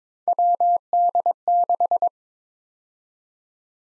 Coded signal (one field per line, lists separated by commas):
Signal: Morse code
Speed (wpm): 22 wpm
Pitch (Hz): 700 Hz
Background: none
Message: WD6